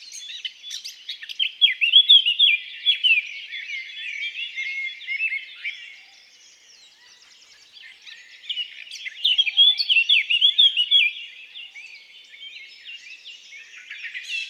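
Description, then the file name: Eurasian blackcap singing: scratchy twittering warbles mixed with loud fluty whistled notes, in two bursts separated by a couple of seconds of near-quiet. "Sylvia atricapilla"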